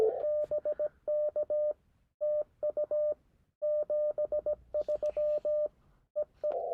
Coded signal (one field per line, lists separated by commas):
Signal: Morse code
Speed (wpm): 17 wpm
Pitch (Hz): 600 Hz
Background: none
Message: BK TU 73 EE